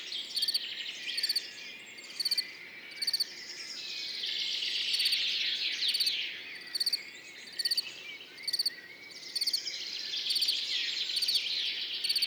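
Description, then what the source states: Field cricket giving regular pulsed chirps about once a second, while numerous birds sing continuously in the background. Singing continuously among orchids after a mild night, morning, 10 June 2019, Montagne du Puy; birds waking in background; Nagra Seven recorder, MKH40 microphone, stereo.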